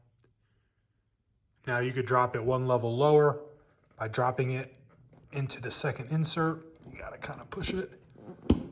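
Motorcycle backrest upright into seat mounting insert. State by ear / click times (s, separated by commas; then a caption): seated / 8.5 s. Someone talks while the backrest upright of a Bad Boyz Cyclez Python motorcycle seat for the 2024+ Road Glide/Street Glide is pushed down into the seat's second, lower mounting insert to drop it one level lower. A sharp click at 8.5 seconds marks the upright seating into place.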